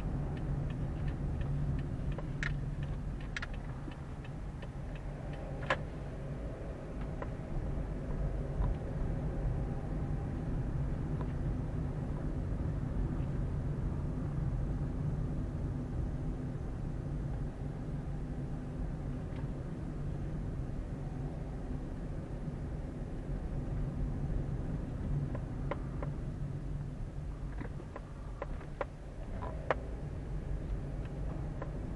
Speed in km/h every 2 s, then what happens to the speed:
21, 15, 14, 19, 23, 25, 25, 24, 24, 23, 22, 21, 21, 13, 12, 18.
0-4 slows to 14. 4-7 speeds up to 23. 7-24 steady at about 23. 24-27 slows to 12.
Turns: 0-4.